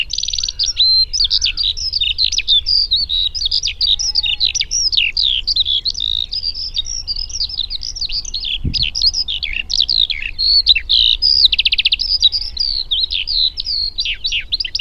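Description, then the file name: Eurasian skylark singing a long, hurried, continuous warble of twittering notes and buzzy trills, pouring on without pause throughout. "alauda arvensis"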